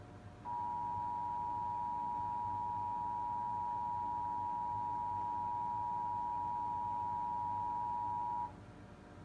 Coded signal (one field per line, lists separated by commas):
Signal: Emergency Alert System (SAME) tones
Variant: 853 and 960 Hz attention tone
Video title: Backlogged EAS tests(EAS 47-53)